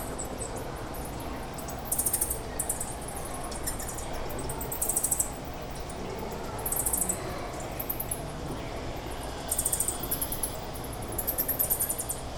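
Bat chatter: high, buzzy chirp bursts come in clusters at irregular intervals above continuous low background hum.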